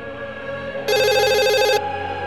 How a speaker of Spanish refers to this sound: ¡Teléfono! Atiende. No, atiende tú.